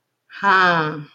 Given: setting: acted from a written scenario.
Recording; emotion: vocal sound without words; realization